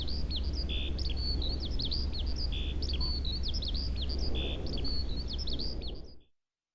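Eurasian skylark song, a rapid run of short high chirps and slurred notes, with a steady low rumble underneath, ending abruptly.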